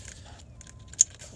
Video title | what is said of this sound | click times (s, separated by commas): P0456 Code: Replace Canister Purge Valve/Evap Purge Solenoid AND Fuel Vapor Leak Detection Pump | There's that click I was looking for. | 1.0 s